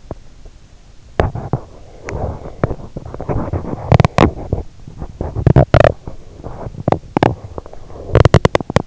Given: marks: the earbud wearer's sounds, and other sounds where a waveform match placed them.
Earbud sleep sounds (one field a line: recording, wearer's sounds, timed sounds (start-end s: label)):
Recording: sounds in sleep by an in-ear microphone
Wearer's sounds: teeth grinding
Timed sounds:
0.06-0.54 s: teeth grinding
1.14-8.87 s: teeth grinding